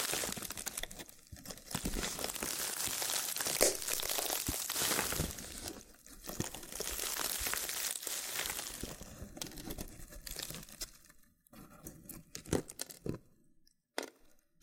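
Loofah being handled with dense, crinkly scratching and peeling sounds that run almost continuously for the first ten seconds, bright and hissy with quick crackles. After about eleven seconds it thins out into sparse pops and short scrapes separated by near silence.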